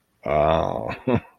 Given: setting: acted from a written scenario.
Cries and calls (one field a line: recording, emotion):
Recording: vocal sound without words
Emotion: pride